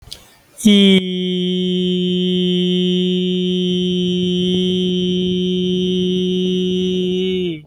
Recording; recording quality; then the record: sustained vowel as in beet; excellent, no background noise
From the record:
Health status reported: healthy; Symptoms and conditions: none ticked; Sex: male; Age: 35 years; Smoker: not ticked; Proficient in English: yes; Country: India